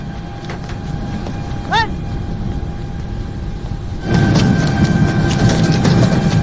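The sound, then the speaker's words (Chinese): A big tractor carrying two people drives forward, its engine chugging with a steady, low, rattling rumble that swells noticeably louder partway through, while a brief rising squeal cuts in early on; a scene from the film 我是路人甲 (I Am Somebody). “这个两位非常淳朴的孩子，这个他们就坐着大拖拉机啊，突突突突突往前走”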